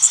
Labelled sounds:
Blackburnian Warbler flight call

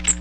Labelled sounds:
Magnolia Warbler flight call

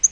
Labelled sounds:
Yellow-rumped Warbler flight call

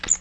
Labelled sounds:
Magnolia Warbler flight call

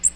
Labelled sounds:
Magnolia Warbler flight call

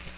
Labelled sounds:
Chestnut-sided Warbler flight call

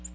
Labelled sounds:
Ovenbird flight call

